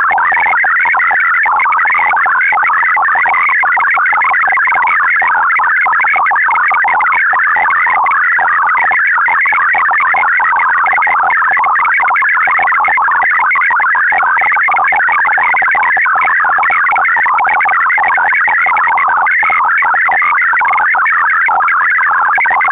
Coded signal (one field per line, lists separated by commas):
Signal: multi-tone FSK (Olivia or MFSK type)